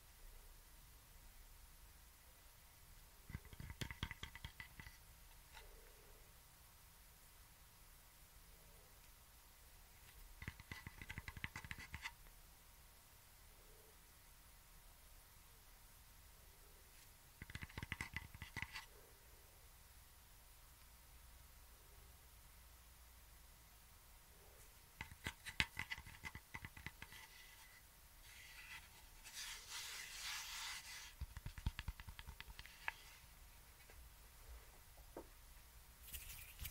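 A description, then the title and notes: Scissors and hand movements make short bursts of rustling and snipping around 4, 11, 18, 26 and 30 seconds over a steady soft hiss. HAND MOVEMENTS, SCISSORS.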